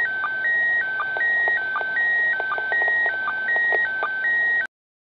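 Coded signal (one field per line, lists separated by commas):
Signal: SSTV (slow-scan television)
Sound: steady whistle flipping between two pitches, with short low chirps and crackles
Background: radio static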